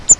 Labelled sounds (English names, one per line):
Grace's Warbler flight call